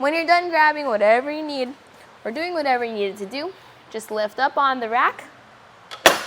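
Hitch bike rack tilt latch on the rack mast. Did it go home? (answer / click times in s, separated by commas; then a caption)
yes / 6.1 s. Someone talks while the tilted Saris MHS Duo two-bike hitch rack on a 2023 GMC Terrain is lifted back up. At 6.1 s, one sharp metallic snap is heard as the metal tilt latch on the rack mast locks the rack into its upright position.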